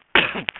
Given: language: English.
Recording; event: throat vibration sensor signal played as sound; cough